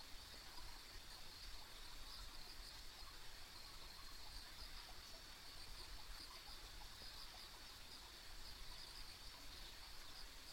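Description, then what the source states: Insects, a high continuous chirping with clusters of short pulses throughout, over even background hiss and low-frequency rumble. Ambient insect sounds recorded along a country road.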